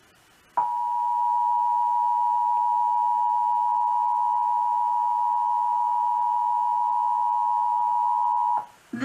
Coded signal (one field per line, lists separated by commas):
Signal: Emergency Alert System (SAME) tones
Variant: 853 and 960 Hz attention tone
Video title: April 2021 Oklahoma Required Monthly Test (EAS#162-168)